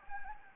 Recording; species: mosquito wingbeat signal from an infrared sensor; Anopheles gambiae